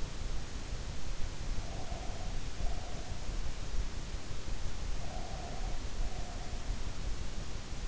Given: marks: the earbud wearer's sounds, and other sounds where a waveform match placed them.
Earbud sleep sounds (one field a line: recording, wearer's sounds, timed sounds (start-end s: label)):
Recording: sounds in sleep by an in-ear microphone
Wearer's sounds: breath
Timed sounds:
1.35-3.33 s: breath
4.92-6.79 s: breath